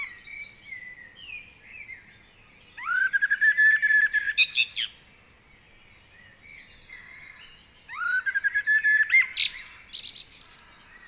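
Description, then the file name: Common blackbird delivering two song phrases, each opening with a rising fluted whistle and ending in a shrill, scratchy twitter, with quiet gaps between. "Turdus merula"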